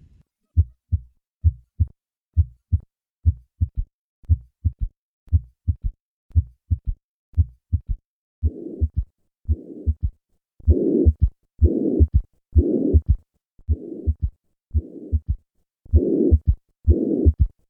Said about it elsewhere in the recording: Ebstein Anomaly. Listen once again to the murmur of tricuspid regurgitation, this time accompanied by a third heart sound. I will begin with normal heart sounds, then add the third heart sound, and finally the murmur.